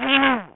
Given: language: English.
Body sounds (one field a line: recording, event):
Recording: throat vibration sensor signal played as sound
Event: throat clearing